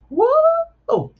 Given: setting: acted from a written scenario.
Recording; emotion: vocal sound without words; elation